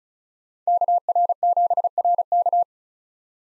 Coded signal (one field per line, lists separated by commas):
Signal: Morse code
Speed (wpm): 36 wpm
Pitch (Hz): 700 Hz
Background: none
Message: KR7RK